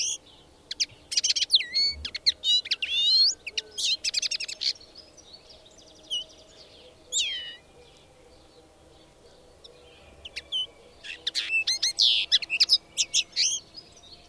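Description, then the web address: Bird song in bursts of fast high trills and chirps, separated by quiet gaps of a few seconds, over a soft steady background hum. "madarak enek"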